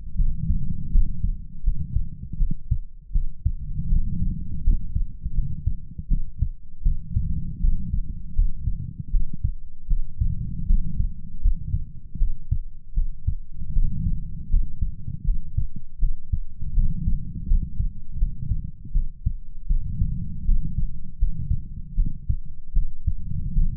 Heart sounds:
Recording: heart sounds by stethoscope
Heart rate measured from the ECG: 80 bpm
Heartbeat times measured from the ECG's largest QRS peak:
0.15 s: heartbeat
0.90 s: heartbeat
1.62 s: heartbeat
2.37 s: heartbeat
3.11 s: heartbeat
3.88 s: heartbeat
4.62 s: heartbeat
5.33 s: heartbeat
6.07 s: heartbeat
6.82 s: heartbeat
7.59 s: heartbeat
8.34 s: heartbeat
9.10 s: heartbeat
9.87 s: heartbeat
10.65 s: heartbeat
11.40 s: heartbeat
12.17 s: heartbeat
12.93 s: heartbeat
13.72 s: heartbeat
14.48 s: heartbeat
15.23 s: heartbeat
15.98 s: heartbeat
16.73 s: heartbeat
17.46 s: heartbeat
18.17 s: heartbeat
18.91 s: heartbeat
19.66 s: heartbeat
20.44 s: heartbeat
21.17 s: heartbeat
21.94 s: heartbeat
22.72 s: heartbeat
23.53 s: heartbeat
From the record:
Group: healthy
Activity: rest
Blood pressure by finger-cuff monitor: 106/64 mmHg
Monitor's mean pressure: 80 mmHg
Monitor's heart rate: 80 bpm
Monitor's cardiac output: 7.1 L/min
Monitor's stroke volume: 88 mL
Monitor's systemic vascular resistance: 810 dyn s/cm5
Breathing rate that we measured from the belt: 18 breaths a minute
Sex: female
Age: 26 years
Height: 165 cm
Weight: 55 kg

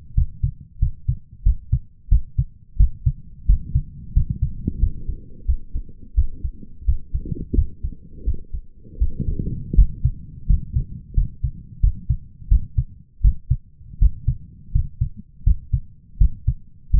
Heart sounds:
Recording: heart sounds by stethoscope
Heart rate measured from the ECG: 86 bpm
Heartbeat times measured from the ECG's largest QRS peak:
0.14 s: heartbeat
0.79 s: heartbeat
1.43 s: heartbeat
2.09 s: heartbeat
2.77 s: heartbeat
3.46 s: heartbeat
4.13 s: heartbeat
4.79 s: heartbeat
5.46 s: heartbeat
6.15 s: heartbeat
6.85 s: heartbeat
7.55 s: heartbeat
8.24 s: heartbeat
8.98 s: heartbeat
9.75 s: heartbeat
10.47 s: heartbeat
11.14 s: heartbeat
11.80 s: heartbeat
12.48 s: heartbeat
13.21 s: heartbeat
13.99 s: heartbeat
14.72 s: heartbeat
15.44 s: heartbeat
16.18 s: heartbeat
16.91 s: heartbeat
From the record:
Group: healthy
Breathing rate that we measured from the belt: 18 breaths a minute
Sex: male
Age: 23 years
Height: 179 cm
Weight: 87 kg

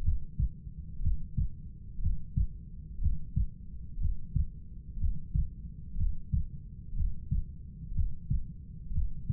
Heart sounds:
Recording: heart sounds by stethoscope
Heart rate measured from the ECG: 61 bpm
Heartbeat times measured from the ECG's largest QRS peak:
0.05 s: heartbeat
1.03 s: heartbeat
2.02 s: heartbeat
3.02 s: heartbeat
4.01 s: heartbeat
5.00 s: heartbeat
5.98 s: heartbeat
6.96 s: heartbeat
7.95 s: heartbeat
8.94 s: heartbeat
From the record:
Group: heart failure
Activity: breath hold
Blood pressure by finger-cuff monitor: 116/82 mmHg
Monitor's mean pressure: 92 mmHg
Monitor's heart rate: 61 bpm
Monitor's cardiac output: 5.2 L/min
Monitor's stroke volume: 86 mL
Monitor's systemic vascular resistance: 1300 dyn s/cm5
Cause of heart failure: idiopathic cardiomyopathy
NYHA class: 1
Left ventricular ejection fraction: 50%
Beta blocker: bisoprolol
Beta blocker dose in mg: 5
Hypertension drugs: candesartan, spironolactone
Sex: male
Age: 54 years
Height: 180 cm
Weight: 94.6 kg

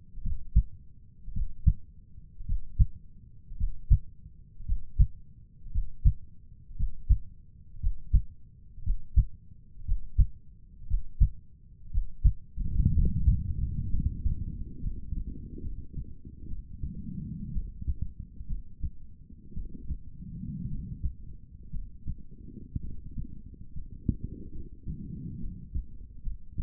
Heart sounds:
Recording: heart sounds by stethoscope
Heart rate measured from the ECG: 60 bpm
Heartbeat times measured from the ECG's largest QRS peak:
0.22 s: heartbeat
1.32 s: heartbeat
2.44 s: heartbeat
3.56 s: heartbeat
4.64 s: heartbeat
5.70 s: heartbeat
6.75 s: heartbeat
7.79 s: heartbeat
8.82 s: heartbeat
9.83 s: heartbeat
10.86 s: heartbeat
11.89 s: heartbeat
12.92 s: heartbeat
13.89 s: heartbeat
14.79 s: heartbeat
15.60 s: heartbeat
16.46 s: heartbeat
17.51 s: heartbeat
18.46 s: heartbeat
19.53 s: heartbeat
20.66 s: heartbeat
21.70 s: heartbeat
22.80 s: heartbeat
23.73 s: heartbeat
24.51 s: heartbeat
25.39 s: heartbeat
26.21 s: heartbeat
From the record:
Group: healthy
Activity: Valsalva maneuver 0-11 s, rest 11-27 s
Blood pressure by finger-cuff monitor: 126/69 mmHg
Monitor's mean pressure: 87 mmHg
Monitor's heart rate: 58 bpm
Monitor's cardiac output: 5.7 L/min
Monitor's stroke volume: 97 mL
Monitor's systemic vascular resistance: 1110 dyn s/cm5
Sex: female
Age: 23 years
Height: 160 cm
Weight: 50.4 kg

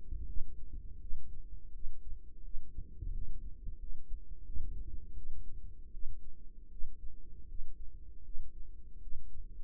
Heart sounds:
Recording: heart sounds by microphone in the right ear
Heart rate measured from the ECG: 82 bpm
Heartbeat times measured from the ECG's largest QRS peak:
0.26 s: heartbeat
1.00 s: heartbeat
1.73 s: heartbeat
2.43 s: heartbeat
3.12 s: heartbeat
3.78 s: heartbeat
4.44 s: heartbeat
5.15 s: heartbeat
5.92 s: heartbeat
6.70 s: heartbeat
7.47 s: heartbeat
8.23 s: heartbeat
9.00 s: heartbeat
From the record:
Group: healthy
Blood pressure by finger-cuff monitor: 107/63 mmHg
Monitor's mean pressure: 76 mmHg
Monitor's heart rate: 82 bpm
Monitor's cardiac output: 7.2 L/min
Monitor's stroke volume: 87 mL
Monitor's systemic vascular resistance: 750 dyn s/cm5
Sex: female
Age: 22 years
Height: 157 cm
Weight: 47.6 kg

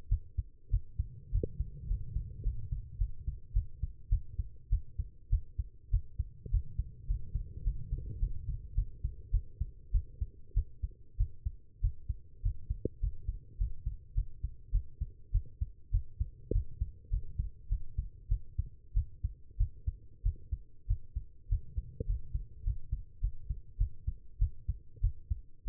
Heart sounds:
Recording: heart sounds by stethoscope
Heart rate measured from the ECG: 101 bpm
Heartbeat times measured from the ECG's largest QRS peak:
0.09 s: heartbeat
0.70 s: heartbeat
1.31 s: heartbeat
1.88 s: heartbeat
2.43 s: heartbeat
2.98 s: heartbeat
3.53 s: heartbeat
4.09 s: heartbeat
4.69 s: heartbeat
5.29 s: heartbeat
5.90 s: heartbeat
6.50 s: heartbeat
7.07 s: heartbeat
7.64 s: heartbeat
8.20 s: heartbeat
8.75 s: heartbeat
9.31 s: heartbeat
9.91 s: heartbeat
10.54 s: heartbeat
11.17 s: heartbeat
11.81 s: heartbeat
12.42 s: heartbeat
13.00 s: heartbeat
13.58 s: heartbeat
14.14 s: heartbeat
14.71 s: heartbeat
15.31 s: heartbeat
15.91 s: heartbeat
16.52 s: heartbeat
17.10 s: heartbeat
17.69 s: heartbeat
18.28 s: heartbeat
18.94 s: heartbeat
19.57 s: heartbeat
20.23 s: heartbeat
20.87 s: heartbeat
21.48 s: heartbeat
22.06 s: heartbeat
22.64 s: heartbeat
23.21 s: heartbeat
23.77 s: heartbeat
24.38 s: heartbeat
25.01 s: heartbeat
25.65 s: heartbeat
From the record:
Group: healthy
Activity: rest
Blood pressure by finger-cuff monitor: 125/80 mmHg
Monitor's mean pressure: 92 mmHg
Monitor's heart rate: 102 bpm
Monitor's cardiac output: 8 L/min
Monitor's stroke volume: 77 mL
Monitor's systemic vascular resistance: 850 dyn s/cm5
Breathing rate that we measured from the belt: 12 breaths a minute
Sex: female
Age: 19 years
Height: 163 cm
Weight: 51 kg

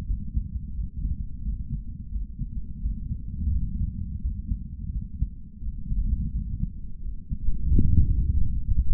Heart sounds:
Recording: heart sounds by stethoscope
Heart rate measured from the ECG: 86 bpm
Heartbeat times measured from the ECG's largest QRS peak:
0.05 s: heartbeat
0.72 s: heartbeat
1.41 s: heartbeat
2.09 s: heartbeat
2.79 s: heartbeat
3.50 s: heartbeat
4.19 s: heartbeat
4.90 s: heartbeat
5.60 s: heartbeat
6.30 s: heartbeat
7.00 s: heartbeat
7.70 s: heartbeat
8.37 s: heartbeat
From the record:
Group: healthy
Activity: Valsalva maneuver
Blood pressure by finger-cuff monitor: 84/58 mmHg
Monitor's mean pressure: 65 mmHg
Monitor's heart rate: 86 bpm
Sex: male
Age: 22 years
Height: 181 cm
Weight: 60 kg

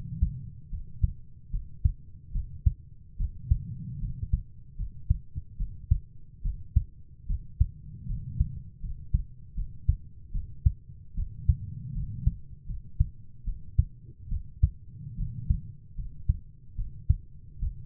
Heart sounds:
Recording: heart sounds by stethoscope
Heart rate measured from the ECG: 75 bpm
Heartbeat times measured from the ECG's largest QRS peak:
0.71 s: heartbeat
1.52 s: heartbeat
2.33 s: heartbeat
3.18 s: heartbeat
4.01 s: heartbeat
4.77 s: heartbeat
5.58 s: heartbeat
6.43 s: heartbeat
7.28 s: heartbeat
8.08 s: heartbeat
8.82 s: heartbeat
9.56 s: heartbeat
10.33 s: heartbeat
11.16 s: heartbeat
11.94 s: heartbeat
12.67 s: heartbeat
13.45 s: heartbeat
14.30 s: heartbeat
15.17 s: heartbeat
15.97 s: heartbeat
16.77 s: heartbeat
17.60 s: heartbeat
From the record:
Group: healthy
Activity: rest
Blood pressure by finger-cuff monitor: 106/54 mmHg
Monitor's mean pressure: 71 mmHg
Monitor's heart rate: 74 bpm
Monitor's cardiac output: 7.4 L/min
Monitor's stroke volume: 99 mL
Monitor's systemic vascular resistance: 690 dyn s/cm5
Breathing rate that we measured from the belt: 16 breaths a minute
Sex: female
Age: 22 years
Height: 160 cm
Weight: 63 kg

